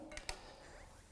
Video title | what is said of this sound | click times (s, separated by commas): Glion Snap N Go 335 Operational Video | pedal depressed clicks into place making sure that it is locked in place | 0.3 s